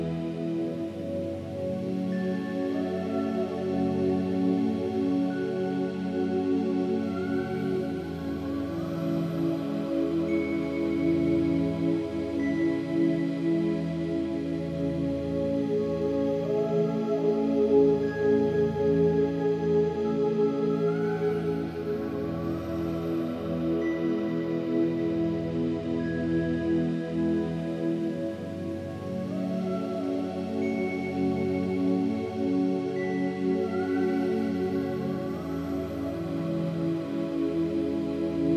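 A steady ambient drone built from sustained, layered tones, dense and warm in the low and middle range. Soft pitched swells rise and fade every few seconds, ringing faintly like a struck bowl, while the overall level stays even throughout.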